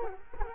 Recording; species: mosquito wingbeat signal from an infrared sensor; Culex quinquefasciatus